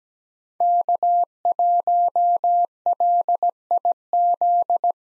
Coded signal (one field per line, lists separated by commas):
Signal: Morse code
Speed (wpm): 17 wpm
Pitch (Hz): 700 Hz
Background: none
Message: K1LIZ